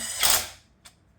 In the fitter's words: There we go. Just hit it till it clicks.